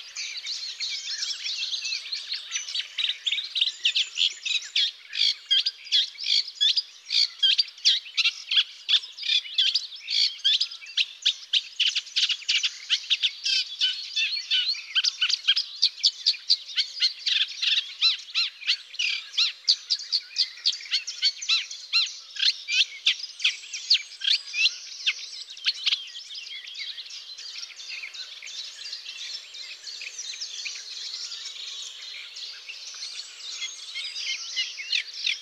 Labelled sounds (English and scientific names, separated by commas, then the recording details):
Eurasian Reed Warbler (Acrocephalus scirpaceus) song
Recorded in the wild
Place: Flögelner See, Schleswig-Holstein, DE
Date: 2004-05-08
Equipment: MiniDisc Sharp MT 20 H, Telinga DAT, Telinga-Parabolspiegel
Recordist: Schwarz, Dieter